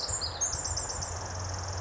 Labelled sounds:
Pacific Wren (Troglodytes pacificus)
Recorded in Sonoma County, California

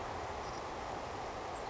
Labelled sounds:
Savannah Sparrow (Passerculus sandwichensis)
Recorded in Sonoma County, California

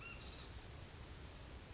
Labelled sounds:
Western Flycatcher (Empidonax difficilis)
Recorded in Sonoma County, California

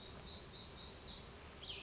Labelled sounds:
Cassin's Vireo (Vireo cassinii)
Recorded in Sonoma County, California

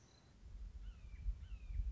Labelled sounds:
Red-shouldered Hawk (Buteo lineatus)
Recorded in Sonoma County, California

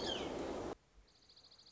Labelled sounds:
Dark-eyed Junco (Junco hyemalis)
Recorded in Sonoma County, California

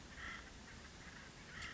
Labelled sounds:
Acorn Woodpecker (Melanerpes formicivorus)
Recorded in Sonoma County, California

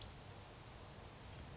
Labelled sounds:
Western Flycatcher (Empidonax difficilis)
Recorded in Sonoma County, California

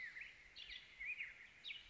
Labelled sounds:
Black-headed Grosbeak (Pheucticus melanocephalus)
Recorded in Sonoma County, California

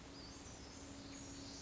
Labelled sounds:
Western Flycatcher (Empidonax difficilis)
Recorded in Sonoma County, California

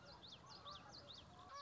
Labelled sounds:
Common Yellowthroat (Geothlypis trichas)
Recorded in Sonoma County, California

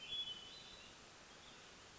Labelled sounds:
Hermit Thrush (Catharus guttatus)
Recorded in Sonoma County, California

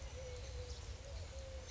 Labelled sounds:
Eurasian Collared Dove (Streptopelia decaocto)
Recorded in Sonoma County, California

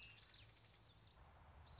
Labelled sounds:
Common Yellowthroat (Geothlypis trichas)
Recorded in Sonoma County, California

